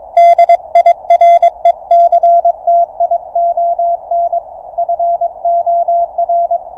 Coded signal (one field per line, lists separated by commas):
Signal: Morse code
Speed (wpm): 23 wpm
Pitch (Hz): 690 Hz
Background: none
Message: DIRECTION FOR